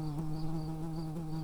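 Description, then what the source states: Early bumblebee buzzing: a steady, low, droning hum with rich overtones, wavering slightly in pitch and holding a constant level throughout. Worker bees.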